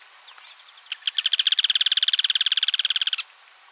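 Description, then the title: Yellow-chinned spinetail song: a fast dry rattle of many evenly spaced notes lasting over two seconds, starting with a few more widely spaced notes before quickening. "LuckyPassaro Completos2Sama. Yellow-chinned Spinetail (Certhiaxis cinnamomeus)"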